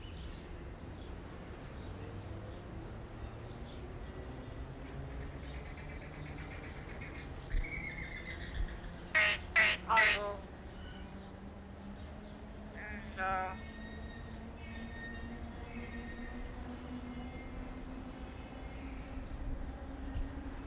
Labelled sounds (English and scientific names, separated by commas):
Common Hill Myna (Gracula religiosa)